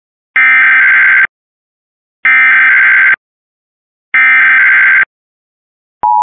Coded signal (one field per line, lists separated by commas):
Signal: Emergency Alert System (SAME) tones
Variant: header bursts